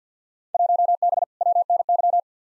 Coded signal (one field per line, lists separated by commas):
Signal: Morse code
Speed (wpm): 50 wpm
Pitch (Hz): 700 Hz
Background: none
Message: 1B WNY